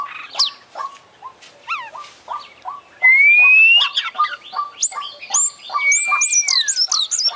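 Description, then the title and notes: Oriental magpie-robin song: rapid series of short chirps, then a long rising whistle and lively, varied high whistled phrases with quick slurred notes. Described as a champion bird singing vigorously (gacor), from a collection of selected master bird sounds. "Kacer Juara Gacor. Kumpulan Suara Burung Masteran Pilihan"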